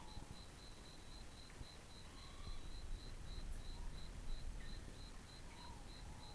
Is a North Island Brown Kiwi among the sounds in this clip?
no